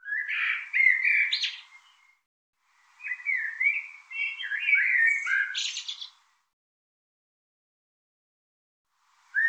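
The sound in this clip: Bird calling in bursts of jumbled chirps and short warbled whistles, several phrases separated by silent pauses, in a clean, quiet background.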